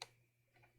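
A PC component with a latch tab is pressed into a motherboard slot, and it seats with a sharp, loud click at 0.0 s. The click is unusually loud for a part that is normally quiet. Only a faint hum and a softer rustle follow.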